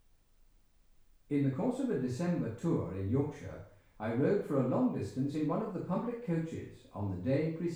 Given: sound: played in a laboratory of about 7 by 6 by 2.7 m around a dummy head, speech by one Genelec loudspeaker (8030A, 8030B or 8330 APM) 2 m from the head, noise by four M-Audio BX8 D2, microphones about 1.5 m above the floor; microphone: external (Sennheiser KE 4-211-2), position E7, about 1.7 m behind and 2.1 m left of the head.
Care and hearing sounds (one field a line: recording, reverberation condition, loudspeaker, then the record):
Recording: male speech in English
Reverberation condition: medium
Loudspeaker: 150 degrees to the left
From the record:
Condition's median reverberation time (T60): about 510 ms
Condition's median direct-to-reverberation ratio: about -0.5 dB